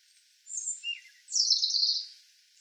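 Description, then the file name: European robin phrase with a thin high whistle, a lower warble, then a dense scratchy trill, heard once over faint hiss. "Erithacus rubecula"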